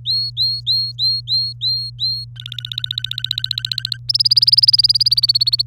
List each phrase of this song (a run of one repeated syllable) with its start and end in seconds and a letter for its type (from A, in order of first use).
0.05-2.25 A, 2.36-3.97 B, 4.09-5.62 C